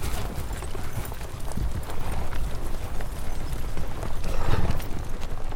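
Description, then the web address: Horse hoofbeats, a dense, steady clatter of many hooves walking on hard ground, with low rumbling underneath. Fifty horses walking by. "Hollywood Edge Historical Series War Horses Armies Weapons 50 Horses Walk By"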